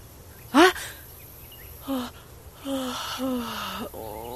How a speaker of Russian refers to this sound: Разбудило ее щебетание птиц.